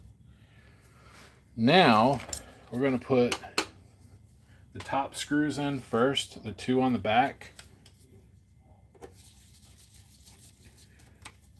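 A top case screw is driven into a plastic projector housing without first turning it back to feel it drop into the existing thread, so it misses the thread. Someone talks, then faint rubbing and small sharp ticks follow. Nothing has seated or clicked into the thread yet.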